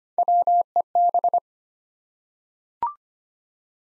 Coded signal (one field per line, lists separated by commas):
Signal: Morse code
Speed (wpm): 25 wpm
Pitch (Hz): 700 Hz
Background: none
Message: WEB